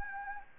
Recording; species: mosquito wingbeat signal from an infrared sensor; Anopheles gambiae